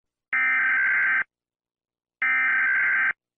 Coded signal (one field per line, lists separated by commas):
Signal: Emergency Alert System (SAME) tones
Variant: header bursts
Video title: Do not turn on your PC (EAS Scenario)